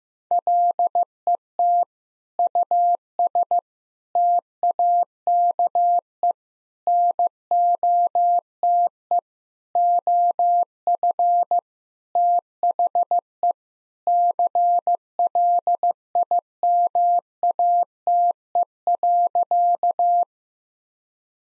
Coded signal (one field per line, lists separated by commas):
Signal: Morse code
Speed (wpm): 16 wpm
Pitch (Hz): 700 Hz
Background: none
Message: LET US TAKE NOTE OF THE CLIMATE.